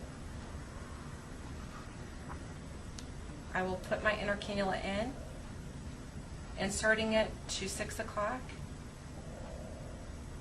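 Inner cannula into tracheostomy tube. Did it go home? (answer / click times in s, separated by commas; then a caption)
no / none. A replacement inner cannula is inserted into a tracheostomy tube at the 6 o'clock position and lined up before being twisted clockwise to lock. Someone talks over faint handling noise, with a brief sharp tick at about 3.0 s. Nothing has clicked or locked yet.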